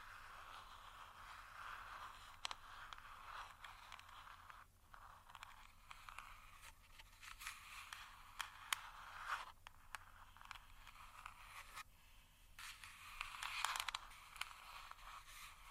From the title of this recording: Tascam Tapping, Scratching, Finger Fluttering